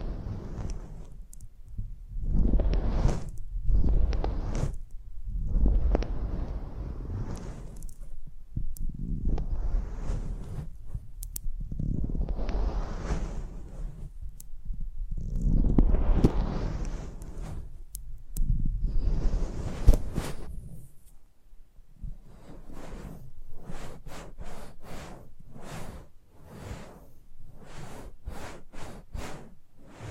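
ASMR mic treatment recorded close up: for the first twenty seconds, soft rushing swipes rise and fade every two to four seconds, each with a low rumble underneath. After that the swipes give way to quick, crisp scratching and tapping sounds, quieter and more rapid.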